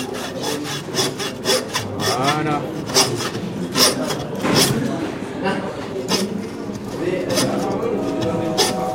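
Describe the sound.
A hand saw rasps through wood in a steady series of quick, scratchy back-and-forth strokes, while a man talks over the cutting, coaching the sawyer not to force the blade but to guide it.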